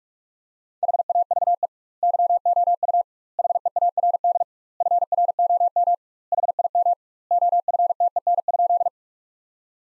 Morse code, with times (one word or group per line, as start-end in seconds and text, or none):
0.8-1.7 HAVE
2.0-3.0 YOU
3.4-4.4 HEARD
4.8-5.9 FROM
6.3-6.9 HIM
7.3-8.9 OFTEN?